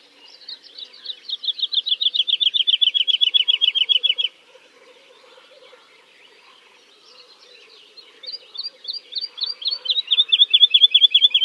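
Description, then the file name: Woodlark song: a four-second run of rapid, evenly repeated descending notes, a quiet pause, then another series that strengthens. "kicau master woodlark omkicau"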